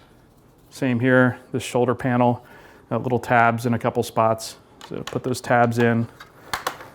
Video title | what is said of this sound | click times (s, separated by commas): Star Wars The Vintage Collection - Razor Crest Unboxed! - Hasbro Pulse | push down all kind of clicks in place | 6.5 s, 6.7 s